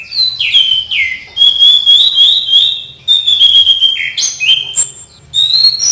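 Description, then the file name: Orange-headed Thrush giving loud, fluty whistled phrases with quick slurred notes and abrupt pitch jumps, in several bursts separated by brief pauses. "anis cendana"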